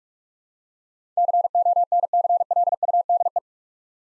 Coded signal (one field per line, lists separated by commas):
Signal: Morse code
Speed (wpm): 46 wpm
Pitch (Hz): 700 Hz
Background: none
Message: CONCLUDE